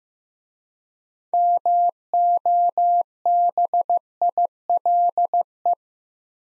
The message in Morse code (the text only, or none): MOBILE